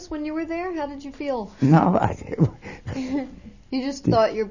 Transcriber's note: they laugh